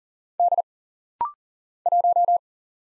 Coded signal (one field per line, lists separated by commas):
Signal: Morse code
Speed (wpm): 40 wpm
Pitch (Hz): 700 Hz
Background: none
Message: D 1